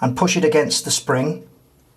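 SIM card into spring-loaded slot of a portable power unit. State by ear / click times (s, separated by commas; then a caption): not seated / none. A SIM card is inserted gold contacts first into a spring-loaded slot on the back of a portable power unit and pushed against the spring while someone talks. The speech fades to quiet by about 1.5 seconds. Nothing has seated or clicked yet.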